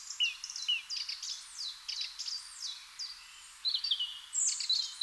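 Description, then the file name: Eurasian blackcap song, a fast varied warble of sweeping whistled notes rising and falling, with louder clear phrases toward the end; steady high background hiss. "Sylvia atricapilla"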